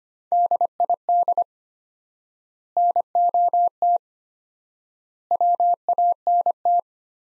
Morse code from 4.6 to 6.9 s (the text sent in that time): WANT